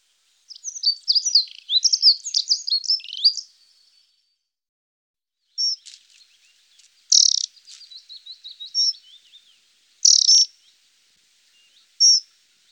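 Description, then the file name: Dunnock singing a fast, thin, scratchy warble lasting about three seconds, then shorter high bursts and brief squeaky fragments scattered through the rest. "Heckenbraunelle"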